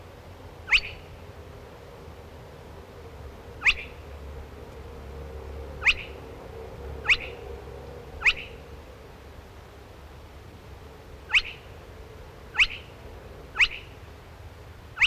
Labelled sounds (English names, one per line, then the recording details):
Spotted Crake song
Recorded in the wild
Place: Marburg, Hessen, DE
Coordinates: 50.8089, 8.7725
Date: 1964-06-08 22:00
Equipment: Uher Report 4000, AKG D190
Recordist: Krey, Winfried